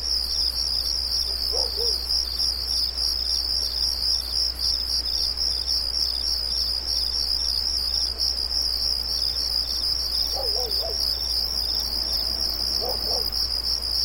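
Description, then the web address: Cricket chorus, high and rapidly pulsing without a break, with a few soft, low wavering calls from some other creature appearing now and then. Night ambience of light, high-pitched, rhythmic crickets. "Nature Ambiences Night Ambience Light High-pitched Crickets Rhythmic"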